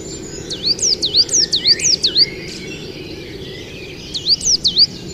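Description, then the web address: Coal tit song: a fast series of several sharp, high two-part notes, a pause, then three more, against continuous background noise. "agykontroll Madardalok Cd 1. Fenyves cinege"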